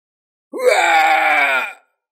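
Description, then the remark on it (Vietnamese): A single loud, agonized scream of a powerful golden crow being torn apart by hand swoops up sharply, then holds a strained, raspy wail for over a second before cutting off, with no voices around it. “Một tiếng hét thảm phát ra, con kim ô cường đại này bị xé rách, một vị nguyên lão cứ như vậy bị Diệp Hàm chém rụng.”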